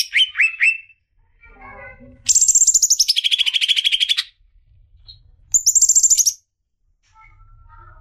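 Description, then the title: Greater green leafbird: a few quick whistled notes, then a long fast buzzy trill that drops in pitch, and a shorter high trill after a pause. "CUCAK IJO"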